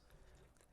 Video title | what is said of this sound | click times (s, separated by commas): 03/04 Cobra Mcleod RXT, 26 spline input shaft, throwout bearing, pivot ball stud, pilot bearing | so we're going to go ahead and and just push this up and it clicks into place | 0.6 s